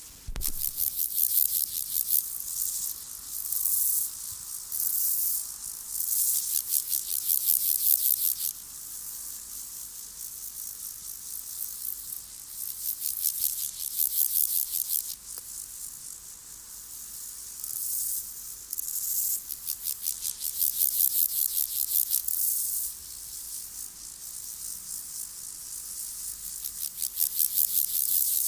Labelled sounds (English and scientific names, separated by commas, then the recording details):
Water-meadow Grasshopper (Chorthippus montanus) stridulation
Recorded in the wild
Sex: male
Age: imago
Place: Summt, Brandenburg, DE
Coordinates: 52.6894, 13.3617
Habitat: wet meadow, glade
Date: 1983-08-20 17:20
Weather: hazy, 28°C
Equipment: Nagra SN (Automatic), Sennheiser MKH 416 T, Kopie Uher 4000 Report Monitor
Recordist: Tembrock, Günter